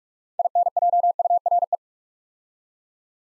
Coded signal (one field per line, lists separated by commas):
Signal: Morse code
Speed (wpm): 44 wpm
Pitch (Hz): 700 Hz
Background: none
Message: INJURE